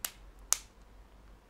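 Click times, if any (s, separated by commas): 0.1 s, 0.5 s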